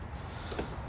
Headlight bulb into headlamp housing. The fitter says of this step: it pops right in place, and then you just plug it back in,